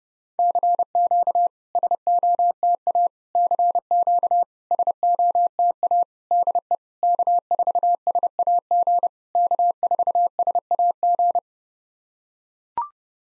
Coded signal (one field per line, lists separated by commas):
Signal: Morse code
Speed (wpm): 30 wpm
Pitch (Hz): 700 Hz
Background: none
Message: CQ SOTA CQ SOTA DE K4SAG K4SAG